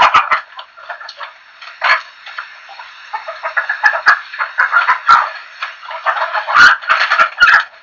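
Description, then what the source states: Chickens cackling: a dense, continuous stream of short, raspy clucks that rises and falls, with louder squawks near the end. Several chickens.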